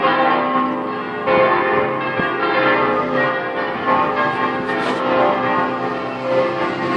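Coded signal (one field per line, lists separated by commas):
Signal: bell signal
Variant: plenum, full peal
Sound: several large church bells swinging together in a continuous overlapping clangorous peal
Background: outdoor ambience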